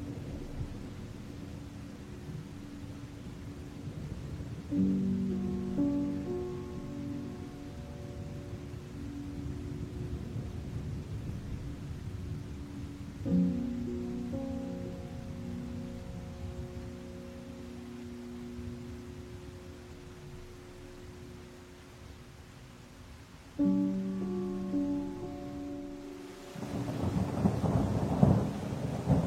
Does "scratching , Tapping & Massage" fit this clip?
no